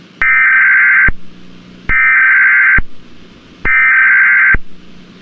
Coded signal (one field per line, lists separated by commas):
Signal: Emergency Alert System (SAME) tones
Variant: header bursts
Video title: Bird television Monsters Inc Emergency alert system (November 13, 2001)